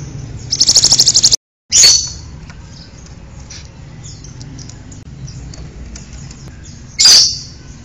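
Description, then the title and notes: Bird song: one fast, high buzzy trill of rapid pulses, then a sharp high chirp, a long quiet stretch, and a final chirp. "Bird Sound. Kicau Burung Lengkap"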